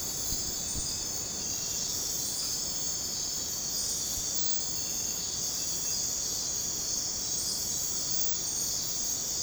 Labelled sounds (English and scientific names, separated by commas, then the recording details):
none
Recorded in dense forest near Puerto Asís, Putumayo, Colombia, on 21 December 2024 at 03:00
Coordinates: 0.466, -76.327
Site G075